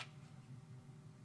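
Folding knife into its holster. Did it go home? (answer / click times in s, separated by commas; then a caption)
no / none. A folding knife with a blade of about 4 inches is handled as it is pushed toward its belt holster. A brief broadband rustle at the very start fades into a quiet, steady low hum. Nothing has seated or clicked into the holster yet.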